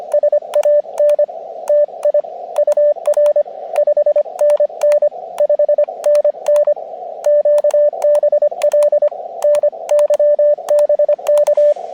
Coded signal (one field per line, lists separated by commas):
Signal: Morse code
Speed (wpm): 24 wpm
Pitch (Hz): 590 Hz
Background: radio noise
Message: SAN TI UR 5NN 5NN QBL NY BK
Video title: Overlook Mountain SOTA